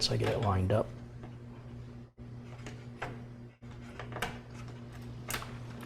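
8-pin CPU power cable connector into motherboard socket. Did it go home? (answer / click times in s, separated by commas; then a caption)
yes / 4.2 s. A split 8-pin CPU power cable, made of two 4-pin halves, is pushed into the 8-pin socket in the top corner of a motherboard with its clip facing the outer edge of the board. Someone talks at the start, then a few light taps are heard as it is lined up. The connector clicks in and latches at 4.2 s, fully seated.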